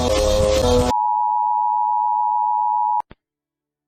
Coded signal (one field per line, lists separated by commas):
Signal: Emergency Alert System (SAME) tones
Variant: 853 and 960 Hz attention tone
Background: music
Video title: rating EAS alarms part 2